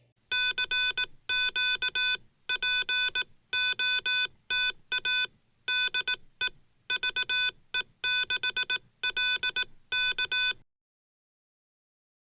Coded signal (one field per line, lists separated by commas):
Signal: Morse code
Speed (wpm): 18 wpm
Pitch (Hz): 1500 Hz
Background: none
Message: CQPOTA DE VE6LK